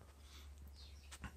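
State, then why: Seated. On a Ram 1500 truck door, the window glass is set back on its track so a tab on the regulator clip drops into the hole in the glass. A low steady hum runs underneath with a couple of faint ticks near 0.6–0.7 s. The tab snaps in with a sharp click at 1.2 s and the glass is seated.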